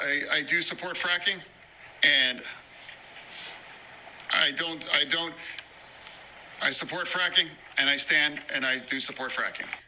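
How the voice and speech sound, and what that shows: Adult male with post-stroke speech disfluency, about five months after a near-fatal stroke, speaking in a debate: choppy speech with stumbles, restarts, repeated phrases, stops and long awkward pauses. He has difficulty with auditory processing and uses closed captioning to help.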